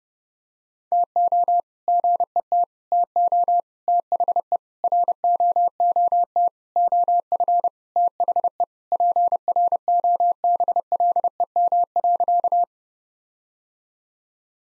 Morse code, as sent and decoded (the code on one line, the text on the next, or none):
- --- / --. . - / - --- / - .... . / .-. --- --- - / --- ..-. / - .... . / .--. .-. --- -... .-.. . -- .-.-.-
TO GET TO THE ROOT OF THE PROBLEM.